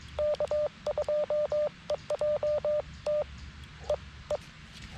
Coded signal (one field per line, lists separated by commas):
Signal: Morse code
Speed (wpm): 24 wpm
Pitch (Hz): 600 Hz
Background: none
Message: K2EJT EE